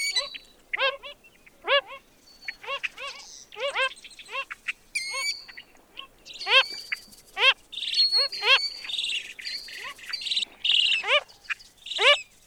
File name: Wilsons Phalarope - Phalaropus tricolor